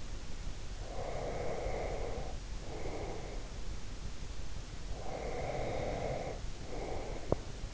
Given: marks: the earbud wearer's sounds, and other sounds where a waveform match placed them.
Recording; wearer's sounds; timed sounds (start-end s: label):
sounds in sleep by an in-ear microphone; breath, teeth grinding
0.68-3.77 s: breath
4.83-7.74 s: breath
7.14-7.48 s: teeth grinding